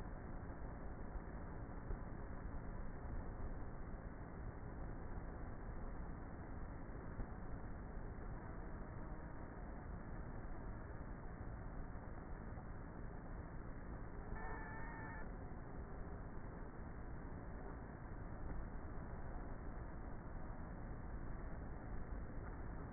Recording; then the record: honeybee colony, microphone inside the hive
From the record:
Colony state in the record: queenless with a low population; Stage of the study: before two queens were removed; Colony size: about 30,000 bees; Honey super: no